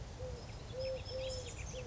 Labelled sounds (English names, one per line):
Eurasian Collared Dove